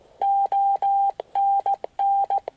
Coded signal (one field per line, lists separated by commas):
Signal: Morse code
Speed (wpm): 18 wpm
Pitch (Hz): 790 Hz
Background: none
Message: ONN